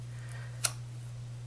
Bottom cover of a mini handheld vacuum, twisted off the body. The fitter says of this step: you hear that click and now